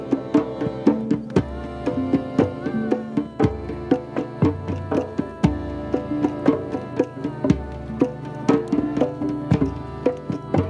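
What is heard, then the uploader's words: A drum circle jam with crisp, regularly spaced drum strikes over sustained ringing tones and a deep bass note shifting every second or two. Shingletown, CA drum circle jams.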